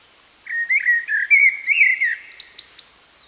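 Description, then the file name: Common blackbird singing a flowing, slurred phrase of mellow whistles that runs into a string of faint high squeaks near the end. "Turdus merula"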